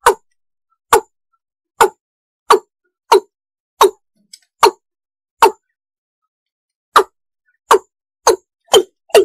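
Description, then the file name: Frog giving short, sharp knocking calls, single clicks spaced roughly a second apart, pausing briefly midway, then quickening toward the end; otherwise silent. "tieng ga dong"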